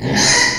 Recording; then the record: squeal of a Yucatan mini pig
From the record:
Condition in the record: before surgery on the right vocal fold (resection and tissue-engineered implant); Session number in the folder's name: 2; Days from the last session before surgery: 0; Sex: male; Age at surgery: 12 weeks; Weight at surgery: 13 kg